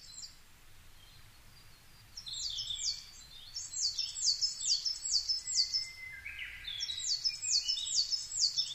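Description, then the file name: Coal tit starting up after quiet, then rapid high repeated two-note phrases, with a thin lower whistle in between. Recorded 22 May 2010 at 17:33. "higara-20100522-1733"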